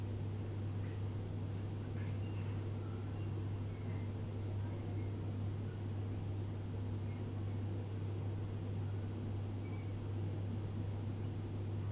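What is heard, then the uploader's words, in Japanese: Everyday sounds dominated by a loud, steady low hum, like an engine or machine running, with a dense rumbling wash above it. The level stays constant throughout, with only a few faint, brief higher tones surfacing now and then. 生活音。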